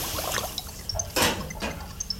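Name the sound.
water running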